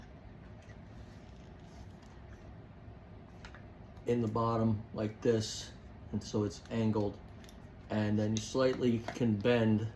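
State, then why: Not seated. The base of an add-on battery pack is set into the bottom of a camera battery holder and angled, ready to be flexed and pushed home. Only quiet handling noises are heard, including two faint taps near 3.5 s, and nothing has snapped or clicked into place yet. From about 4 s, someone talks.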